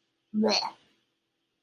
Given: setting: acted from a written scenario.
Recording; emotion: vocal sound without words; disgust